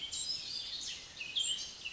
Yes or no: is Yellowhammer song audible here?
no